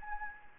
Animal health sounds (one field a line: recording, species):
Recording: mosquito wingbeat signal from an infrared sensor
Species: Anopheles gambiae